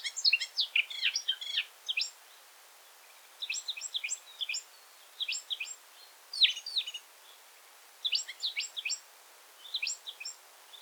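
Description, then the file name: Eurasian blackcap singing short bursts of quick, varied warbling separated by pauses, over a soft hiss of background noise. "Sylvia atricapilla"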